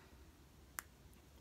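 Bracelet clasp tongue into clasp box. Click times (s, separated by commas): 0.8 s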